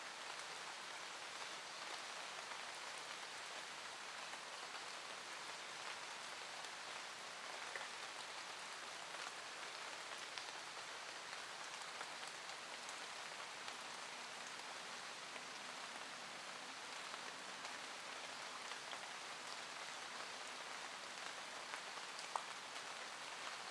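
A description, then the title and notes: Rain falls steadily for the whole stretch, a dense, even hiss of countless drops with fine crackling patter on top. The level barely changes, with little low rumble beneath; one slightly sharper drop stands out near the twenty-two second mark. Todays meditation is a morning meditation set to peaceful rain.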